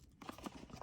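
A fingernail presses one-handed on the release point of the plastic latch on the GM digital dash cluster's wiring harness connector, whose red locking tab is already pulled out partway. Sharp clicks sound at 0.2 s and 0.3 s, followed by a few softer taps. The lever pops out and the connector releases from the back of the instrument cluster.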